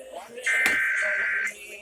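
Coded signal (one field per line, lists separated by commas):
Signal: Emergency Alert System (SAME) tones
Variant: header bursts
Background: speech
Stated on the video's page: Required Monthly Test alerts received from broadcast radio and TV.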